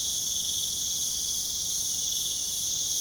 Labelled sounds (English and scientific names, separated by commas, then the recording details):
none
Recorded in pastures near Puerto Asís, Putumayo, Colombia, on 29 June 2025 at 01:30
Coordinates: 0.497, -76.327
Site G040